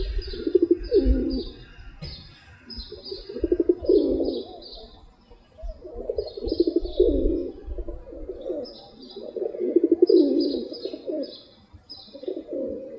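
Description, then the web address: Rock pigeon giving deep, gurgling coos in repeated swelling bouts every few seconds, while small birds chirp in the background. "сизый-голубь"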